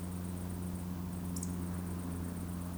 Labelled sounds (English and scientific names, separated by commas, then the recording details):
Eurasian Woodcock (Scolopax rusticola) whistle
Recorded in Baden-Württemberg, Germany, on 23 June 2020 at 20:28 UTC
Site 14569, 102 m above sea level